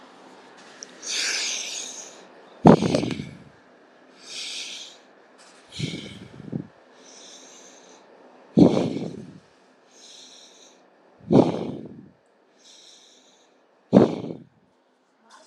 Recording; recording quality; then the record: deep breathing; excellent, no background noise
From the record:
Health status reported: healthy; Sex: male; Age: 47 years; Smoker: yes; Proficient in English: yes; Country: India